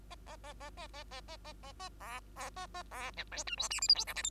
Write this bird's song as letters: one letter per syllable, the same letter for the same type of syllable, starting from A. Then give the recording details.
A A A A A A A A A A A B B A A B C D E F G H I J K L M. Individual Bird2